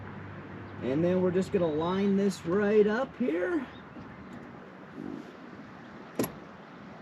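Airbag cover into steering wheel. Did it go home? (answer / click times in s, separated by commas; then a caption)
yes / 6.2 s. An airbag cover is lined up and pressed onto the steering wheel of a C6 Corvette while someone talks. A single sharp click is heard at 6.2 s as its retaining clips snap in, and the cover is seated.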